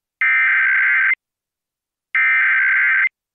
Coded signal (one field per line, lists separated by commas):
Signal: Emergency Alert System (SAME) tones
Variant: header bursts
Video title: EAS Child Abduction Emergency (AMBER Alert) Fairbanks, Alaska